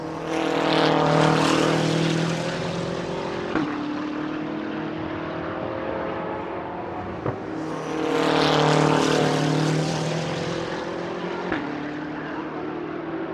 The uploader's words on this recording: The Sounds of IMSA GTLM at Laguna Seca. It's a short ambient sound feature with IMSA's incredible GT Le Mans class during qualifying at WeatherTech Raceway Laguna Seca and the amazing sounds produced by BMW M8s, Corvette C7.Rs, Ford GTs, a Ferrari 488 GTE, and Porsche 911 RSRs.